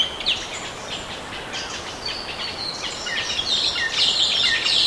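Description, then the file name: Bird calls, scattered high chirps that build into a loud, dense twittering chorus toward the end, with steady hiss underneath. "SABIOD 50 bird 2015"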